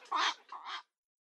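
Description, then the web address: Black-crowned night heron giving two harsh, croaking squawks, the first louder, with silence afterwards. "Schulze Peter Black-crowned Night-Heron"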